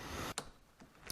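A torque wrench set to 12 Nm tightens a clutch spring bolt on a Honda CBR 954RR motorcycle during a clutch plate change. Over a steady broadband hiss, the wrench gives a sharp click at 0.4 s as it reaches its setting, confirming the bolt is torqued. Fainter ticks follow at about 0.8 s and 1.1 s.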